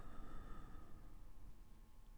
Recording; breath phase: one breath near a microphone; exhalation